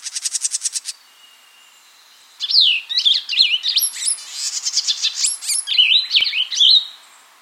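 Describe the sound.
Cassin's vireo calling, a quick series of about ten high clipped notes, a short pause, then a busy run of sharp sweeping whistled and chattering notes.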